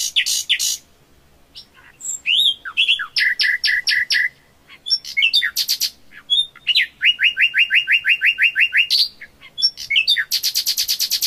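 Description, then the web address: Common nightingale song with contrasting phrases: rising whistles, pulsed two-toned notes, then an even run of rapid repeated notes, ending in a dry high buzzing trill. "Nightingale"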